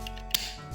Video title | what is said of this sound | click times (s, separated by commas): MIGHTY MAX: Mes parents les redécouvrent !! | Tac. Ah, ça clipse bien, là, c'est cool. | 0.3 s